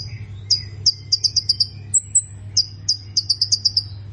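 Plain prinia song: short bursts of quick, high, buzzy notes, pausing between bursts, with one thin higher whistle midway; steady low hum beneath.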